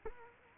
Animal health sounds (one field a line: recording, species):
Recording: mosquito wingbeat signal from an infrared sensor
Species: Culex quinquefasciatus